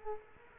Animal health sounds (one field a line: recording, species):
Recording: mosquito wingbeat signal from an infrared sensor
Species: Culex quinquefasciatus